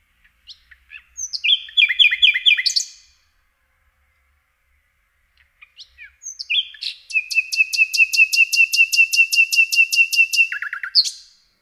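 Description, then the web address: Common nightingale song in two phrases: a quick run of chirps and repeated notes, then after a pause a long, fast, even trill ending in lower notes. "Przyroda Ptaki Slowik rdzawy"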